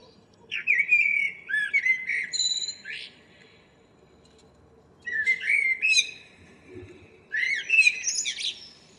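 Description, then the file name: Common blackbird singing three mellow whistled phrases that close in thin, high twittering flourishes, with a quiet gap of about two seconds midway. "Turdus merula"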